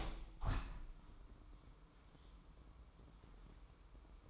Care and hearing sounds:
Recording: daily activity, microphone in the room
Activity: open window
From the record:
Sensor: 1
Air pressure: 998.2 hPa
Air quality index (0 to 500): 141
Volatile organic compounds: 4 ppm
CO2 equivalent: 1684 ppm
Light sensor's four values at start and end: 15/53/21/21 and 16/53/21/21

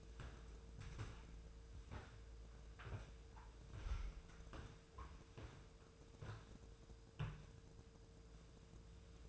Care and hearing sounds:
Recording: daily activity, microphone in the room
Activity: walk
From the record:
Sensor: 2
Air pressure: 1005.2 hPa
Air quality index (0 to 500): 101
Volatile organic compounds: 2 ppm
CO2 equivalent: 1230 ppm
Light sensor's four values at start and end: 8/20/8/8 and 8/20/8/8

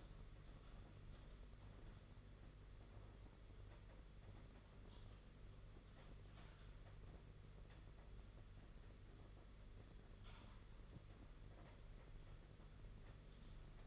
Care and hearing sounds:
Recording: daily activity, microphone in the room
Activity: typing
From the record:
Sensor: 4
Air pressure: 992.6 hPa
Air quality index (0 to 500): 137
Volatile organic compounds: 62 ppm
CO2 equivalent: 3435 ppm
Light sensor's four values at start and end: 19/66/24/25 and 19/66/24/25

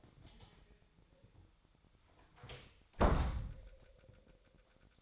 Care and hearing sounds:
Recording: daily activity, microphone in the room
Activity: close door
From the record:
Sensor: 3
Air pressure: 1007.5 hPa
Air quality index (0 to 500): 194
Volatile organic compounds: 15 ppm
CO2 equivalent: 2486 ppm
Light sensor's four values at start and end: 12/29/12/12 and 12/28/12/12

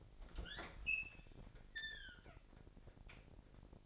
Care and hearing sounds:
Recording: daily activity, microphone in the room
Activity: open fridge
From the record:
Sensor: 5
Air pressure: 1002.0 hPa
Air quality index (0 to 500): 211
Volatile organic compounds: 22 ppm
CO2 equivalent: 2741 ppm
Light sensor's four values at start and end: 10/23/9/10 and 11/25/10/12

